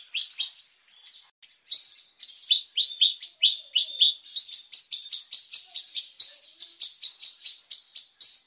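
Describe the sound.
Horsfield's bushlark song, a rapid, continuous run of many high chirped notes.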